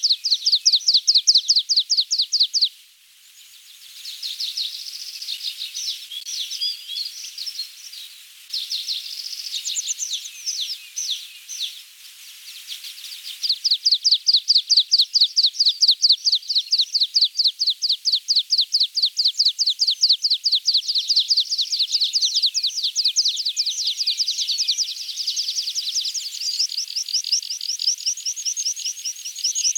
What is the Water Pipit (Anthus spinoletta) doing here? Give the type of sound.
song